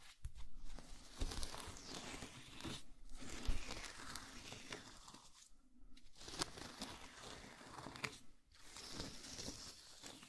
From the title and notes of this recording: ASMR Stress Relieving Jelly Sounds For Sleep.